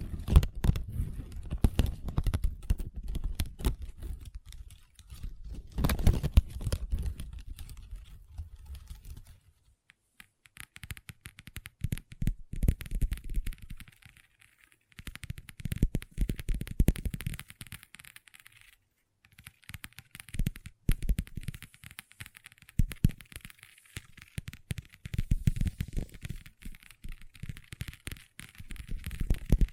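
Long nails tap and scratch on a table in dense, rapid bursts of clicking, like fast typing. The low thumps come in clusters, heaviest in the first ten seconds with a sharp knock near six seconds, then return in short waves separated by quieter stretches of light scraping.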